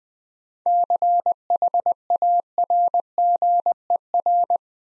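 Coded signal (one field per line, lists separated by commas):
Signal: Morse code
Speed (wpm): 20 wpm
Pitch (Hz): 700 Hz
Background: none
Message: CHARGER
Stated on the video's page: Morse code practice set at 20 wpm of easy words with contextual hints.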